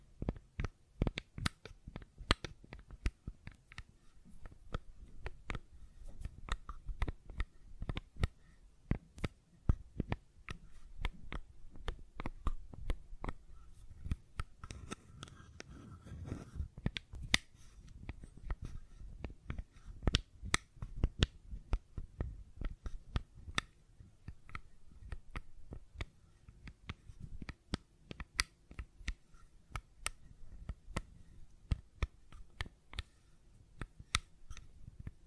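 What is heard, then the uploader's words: Sharp little clicks and taps from a fidget cube, arriving in rapid irregular bursts throughout, dry. Around the middle a soft low rustle swells briefly beneath the clicking, likely hand movement. ASMR Fidget Cube Tapping and Clicking Sounds (No Talking).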